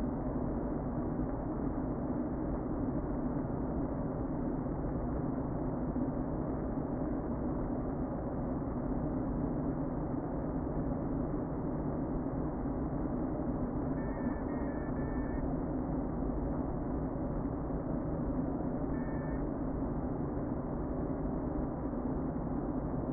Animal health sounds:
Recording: honeybee colony, microphone inside the hive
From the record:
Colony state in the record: queen present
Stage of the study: before two queens were removed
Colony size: about 60,000 bees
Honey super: yes

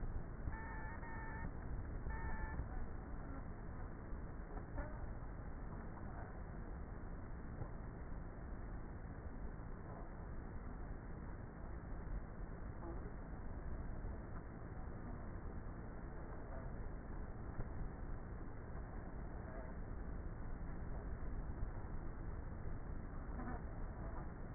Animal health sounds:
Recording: honeybee colony, microphone inside the hive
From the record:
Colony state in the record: queenless with a low population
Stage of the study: before two queens were removed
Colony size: about 30,000 bees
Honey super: no

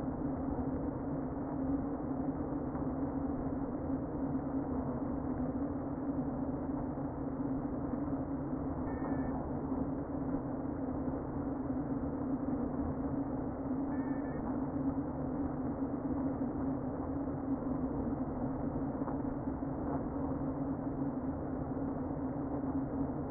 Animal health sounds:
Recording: honeybee colony, microphone inside the hive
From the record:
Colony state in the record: queen present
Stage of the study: before two queens were removed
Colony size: about 60,000 bees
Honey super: yes

